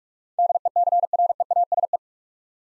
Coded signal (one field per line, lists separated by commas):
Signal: Morse code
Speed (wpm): 44 wpm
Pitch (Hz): 700 Hz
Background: none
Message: DECREASE